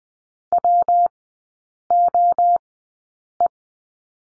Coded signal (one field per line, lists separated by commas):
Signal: Morse code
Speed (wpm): 20 wpm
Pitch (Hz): 700 Hz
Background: none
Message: WOE